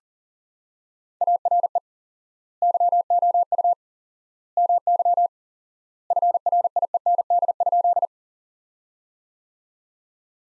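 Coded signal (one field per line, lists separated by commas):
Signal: Morse code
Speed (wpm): 37 wpm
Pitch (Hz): 700 Hz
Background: none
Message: ARE YOU MY FRIEND?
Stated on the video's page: Morse practice sentences from the top 300 words at 40 wpm with 4x word spacing, a Farnsworth-like method.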